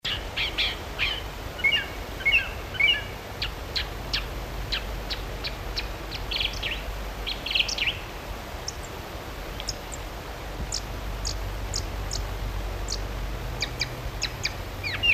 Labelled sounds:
Song Thrush (Turdus philomelos) song
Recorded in the wild
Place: Knoten, DE
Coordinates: 50.6033, 8.1675
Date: 1964-03-30 19:15
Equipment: Uher Report 4000, AKG D190
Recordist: Krey, Winfried

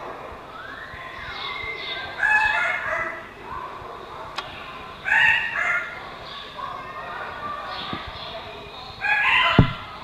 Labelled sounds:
Red Bird-of-paradise (Paradisaea rubra) call
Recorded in captivity
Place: Zoo Rotterdam, Zuid-Holland, NL
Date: 1976-05-09
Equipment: Halbspur, 9,5 cm/s
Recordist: Lütgens, Hans

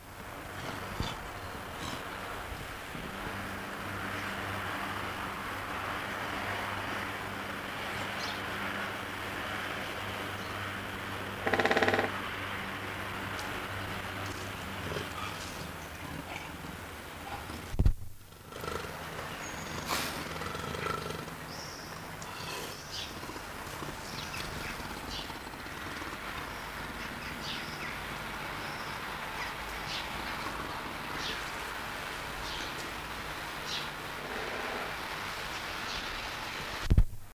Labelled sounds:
Leopard (Panthera pardus) contact call
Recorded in captivity
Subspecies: japonensis
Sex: female
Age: adult
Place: Zoo Rostock, Mecklenburg-Vorpommern, DE
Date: 1984-02-02 12:00
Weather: overcast, 2°C
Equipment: Nagra SN, Kopie Uher 4000 Report Monitor
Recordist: Tembrock, Günter

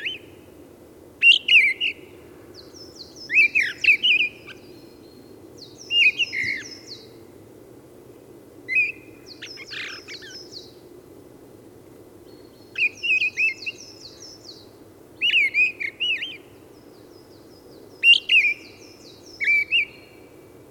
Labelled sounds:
Mistle Thrush (Turdus viscivorus) song
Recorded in the wild
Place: Hanshagen, Mecklenburg-Vorpommern, DE
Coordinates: 53.805, 11.149
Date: 1975-03-22
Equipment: Nagra III BH, Sennheiser MD 21, parabola
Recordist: Schubert, Michael
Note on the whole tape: Gesang Misteldrossel

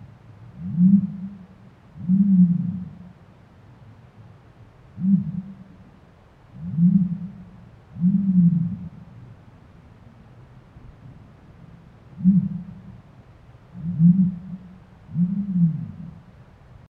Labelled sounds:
Common Ostrich (Struthio camelus)
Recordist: Tembrock, Günter
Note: Balzlaute

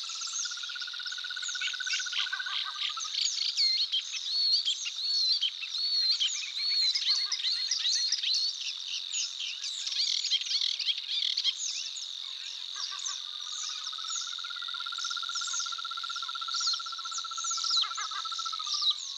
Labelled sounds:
Savi's Warbler (Locustella luscinioides) song
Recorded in the wild
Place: Tengiz, KZ
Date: 2000-05-14
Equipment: MiniDisc Sharp MT 20 H
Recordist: Schwarz, Dieter

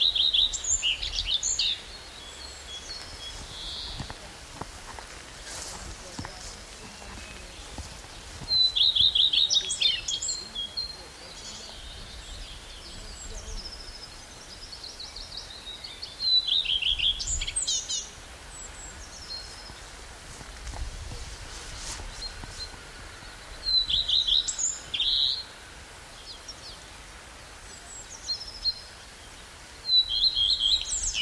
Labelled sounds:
Common Redstart (Phoenicurus phoenicurus) song
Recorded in the wild
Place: Prerow, Darß, Mecklenburg-Vorpommern, DE
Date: 1989-05-04 13:56
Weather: sunny, 20°C
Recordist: Tembrock, Günter

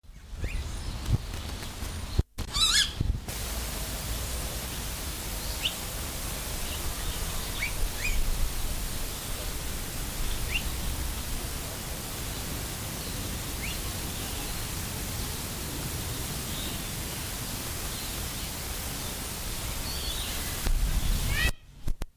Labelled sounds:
Blue-faced Honeyeater (Entomyzon cyanotis) call
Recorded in captivity
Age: adult
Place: Zoo Berlin, Berlin, DE
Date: 1998-10-17 13:01
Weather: fair, 14°C, gusty winds
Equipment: Sony MD-WM MZ-R3, Sennheiser MKH 416 T, Kopie Uher 4000 Report Monitor
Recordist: Tembrock, Günter
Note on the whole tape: Einzellaut, Lautfolgen

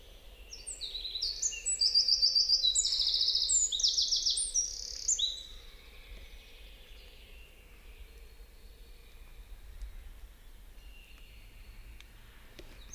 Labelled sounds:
Eurasian Wren (Troglodytes troglodytes) song
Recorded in the wild
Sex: male
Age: adult
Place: Schönow, Naturpark Barnim, Brandenburg, DE
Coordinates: 52.705, 13.5092
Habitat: pine wood
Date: 2005-04-10
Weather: cloudy, 0°C, no wind
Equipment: Tascam DA-P1, Sennheiser MKH 70, Windschutz
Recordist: Frommolt, Karl-Heinz
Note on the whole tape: Kiefernwald mit eingesteuten Birken unmittelbar nördlich des Naturschutzgebietes Schönower Heide: Gesang. 14 Strophen. Entfernung ca. 15 m

